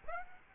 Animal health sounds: mosquito wingbeat signal from an infrared sensor; Aedes aegypti

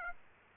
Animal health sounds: mosquito wingbeat signal from an infrared sensor; Aedes aegypti

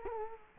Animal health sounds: mosquito wingbeat signal from an infrared sensor; Culex quinquefasciatus

